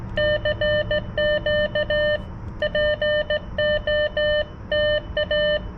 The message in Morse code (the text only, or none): CQ POTA